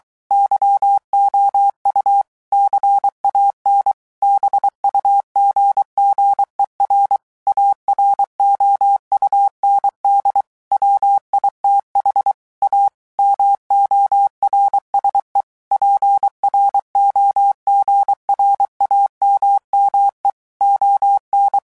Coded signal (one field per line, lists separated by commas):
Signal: Morse code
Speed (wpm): 23 wpm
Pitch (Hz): 800 Hz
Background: none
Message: YOU CAN BUGGER AROUND WITH A MORSE PROGRAMME ON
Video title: Royal Navy Radio Operators Submarines